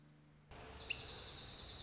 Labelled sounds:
Dark-eyed Junco
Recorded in Sonoma County, California

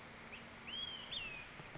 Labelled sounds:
Olive-sided Flycatcher
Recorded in Sonoma County, California

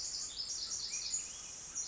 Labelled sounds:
Pacific Wren
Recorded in Sonoma County, California

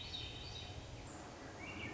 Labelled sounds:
Swainson's Thrush
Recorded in Sonoma County, California

